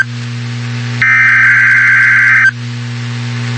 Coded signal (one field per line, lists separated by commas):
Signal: Emergency Alert System (SAME) tones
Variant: header bursts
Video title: Update Tornado Watch Noaa Weather Radio Station WXK 91 Topeka KS